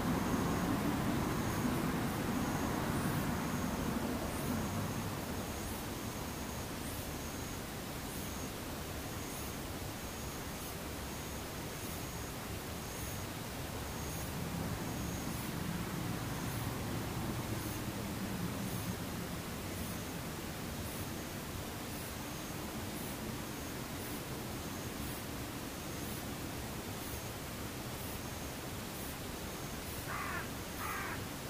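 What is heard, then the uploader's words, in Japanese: Insects in the daytime: a steady high thin buzz runs throughout, with faint high ticks repeating about once a second. A low rumble, like a passing vehicle, fills the first few seconds and returns more faintly around the middle, over a constant hiss. 無音ムシ昼。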